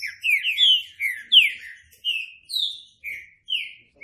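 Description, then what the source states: Green-winged saltator song, a clean series of slurred descending whistles in quick succession. Classic song style used as a training recording.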